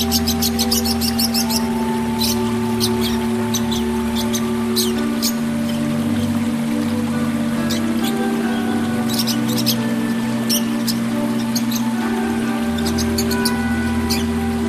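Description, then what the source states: Oriental magpie-robin song: a dense run of sharp high notes at the start, then scattered chattering phrases, with a continuous low hum underneath. Song (kicau).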